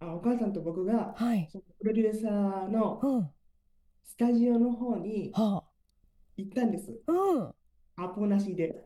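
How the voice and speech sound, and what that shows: A 21-year-old man speaks Japanese in short, effortful bursts, with long pauses breaking up a single sentence, stretched vowels and a rather high, tense voice: dysarthria from cerebral palsy present since birth, which keeps him from using his body and vocal cords as he wishes.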